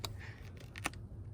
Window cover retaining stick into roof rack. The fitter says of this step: so that's how they're held in place it simply just snaps right in like that